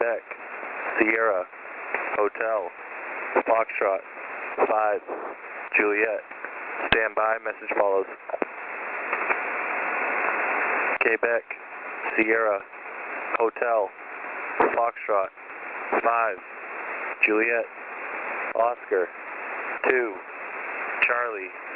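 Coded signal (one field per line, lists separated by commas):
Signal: coded military voice message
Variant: English phonetic alphabet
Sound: radio voice reading a callsign and phonetic-alphabet letter groups, then 'message follows'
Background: radio static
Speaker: A numbers station is a type of shortwave radio station characterized by unusual broadcasts reading out lists of numbers or incomprehensible coded messages.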